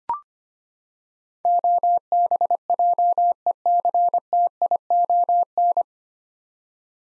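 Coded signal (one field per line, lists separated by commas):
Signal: Morse code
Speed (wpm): 25 wpm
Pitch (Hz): 700 Hz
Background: none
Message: OBJECTION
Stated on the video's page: Morse head-copy practice of nine-letter words at 25 wpm; each word is sent, spoken, then sent again.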